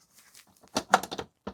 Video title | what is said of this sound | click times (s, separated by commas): Neakasa M1 Plus Unboxing, Setup, and Demo - Is This Litter Box Actually Worth It? | then it'll pop into place. | 0.8 s, 0.9 s